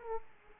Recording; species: mosquito wingbeat signal from an infrared sensor; Aedes aegypti